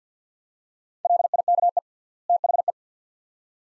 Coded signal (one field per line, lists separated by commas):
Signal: Morse code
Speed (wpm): 50 wpm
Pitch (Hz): 700 Hz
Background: none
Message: LIKE THE